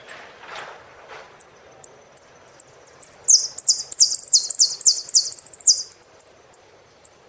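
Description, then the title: Saffron finch singing: high chips build into a long run of bright, rapid, down-slurred notes, then ease back to single chips. "Jilguero Argentino"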